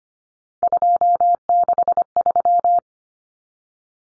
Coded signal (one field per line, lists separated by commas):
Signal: Morse code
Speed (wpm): 25 wpm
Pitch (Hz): 700 Hz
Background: none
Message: 263